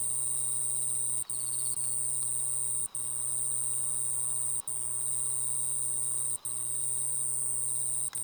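Kusakiri katydid giving a continuous, very high, thin buzzing song, steady throughout, over a loud low electrical hum with brief regular dropouts.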